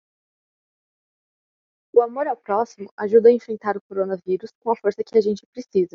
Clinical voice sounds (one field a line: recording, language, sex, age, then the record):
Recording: spoken sentence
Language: Brazilian Portuguese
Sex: female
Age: 18 to 19 years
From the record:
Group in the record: control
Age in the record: 18 years